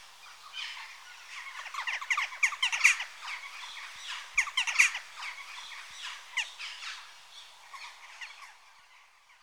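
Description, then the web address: Western jackdaw calls, scattered harsh squawks building into louder bursts around the middle, then thinning out, several birds calling together. Adult birds. "BBC Sound Effects Library. Jackdaw (Corvus Monedula) Adults"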